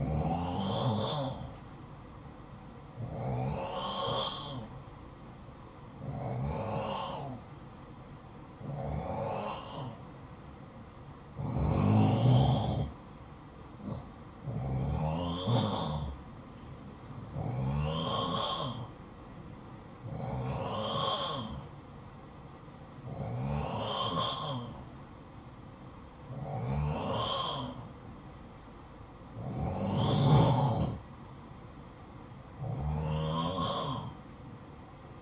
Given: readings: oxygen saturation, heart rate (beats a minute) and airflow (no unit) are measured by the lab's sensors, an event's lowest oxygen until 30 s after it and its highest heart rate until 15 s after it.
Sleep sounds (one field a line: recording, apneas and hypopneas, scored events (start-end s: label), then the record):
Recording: breathing in sleep by a smartphone at the bedside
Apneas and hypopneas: none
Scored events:
none scored
From the record:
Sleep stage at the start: N1 (lightest sleep)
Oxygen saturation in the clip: 91 to 92%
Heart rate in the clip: 53 to 60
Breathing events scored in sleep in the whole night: 573 in 9.8 hours asleep